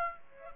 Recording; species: mosquito wingbeat signal from an infrared sensor; Aedes aegypti